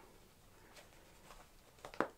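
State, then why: Seated. The press stud on the waist closure of a Macna Ultimax touring motorcycle textile trouser is pushed into its buckle, with faint soft rustling before two small ticks at about 1.9 s. A sharp, bright snap at 2.0 s is the stud seating firmly in the buckle, and the closure is securely clipped shut.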